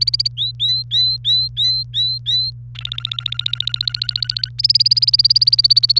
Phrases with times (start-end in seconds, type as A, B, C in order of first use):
0.01-0.28 A, 0.37-2.51 B, 2.75-4.49 C, 4.58-5.99 A